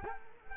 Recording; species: mosquito wingbeat signal from an infrared sensor; Culex quinquefasciatus